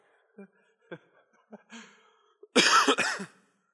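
Several faint throat sounds, then one loud, harsh, voiced cough burst from an adult man with congestion.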